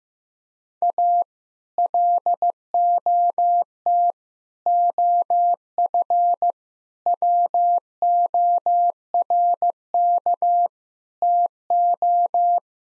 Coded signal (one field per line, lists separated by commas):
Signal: Morse code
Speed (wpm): 15 wpm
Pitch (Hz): 700 Hz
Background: none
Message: A LOT OF WORK TO